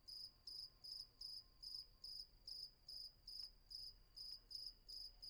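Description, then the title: Cricket chirping, high buzzy pulses around two to three per second, with a faint steady tone and soft clicks in the background. Night ambience at Vagia on Patmos, Greece; recorded with a Fostex FR-2 and MKH800 microphone. "Patmos, Vagia, Griechenland - Nachtsimmung 03, Grillen"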